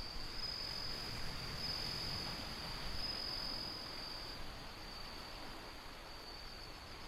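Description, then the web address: Bell cricket ringing in a series of bright high bursts during the first half, fading to a quieter tone, amid loud gusting wind and waves. Windy, with ocean sound. "windy scape osean sound suzumushi"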